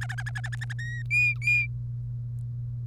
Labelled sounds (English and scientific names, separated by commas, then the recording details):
Domestic Canary (Serinus canaria) song
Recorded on 1 May 2018 at 06:17
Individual llb3